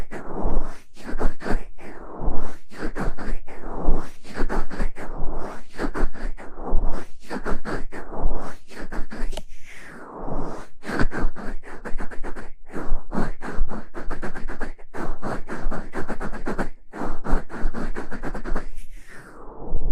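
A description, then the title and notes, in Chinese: Hands in black and white silk stockings and gloves rub and massage, making a dense run of soft scratching and brushing strokes. The rustle is bright and nearly continuous for the whole twenty seconds, with quick sharp scrapes and brief pauses between strokes. 黑白双丝丝袜手套按摩。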